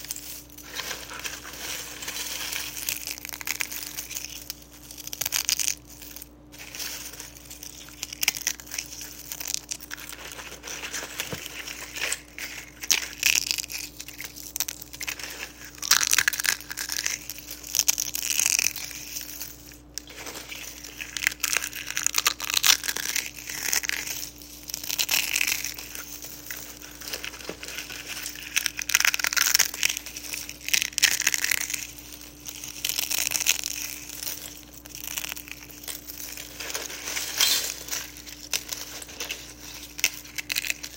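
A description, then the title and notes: Eggshells are crunched and crushed, a dense, continuous run of bright crackles and brittle snaps with brief pauses around five and twenty seconds. A faint steady low hum sits underneath. Relaxing sounds of crunching eggshells for 5 minutes. Crushing Eggshells.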